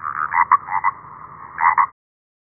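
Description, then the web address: A bullfrog croaking in thin, band-limited bursts, a few quick throbbing notes then a pause and another burst, ending in silence. Mobile phone ringtone version. "Nokia 1661-China FLAC Bullfrog"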